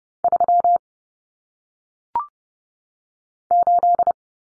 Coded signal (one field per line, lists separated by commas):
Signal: Morse code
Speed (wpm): 30 wpm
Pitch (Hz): 700 Hz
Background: none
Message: 3 8